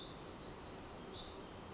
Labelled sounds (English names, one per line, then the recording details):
Pacific Wren
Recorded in Sonoma County, California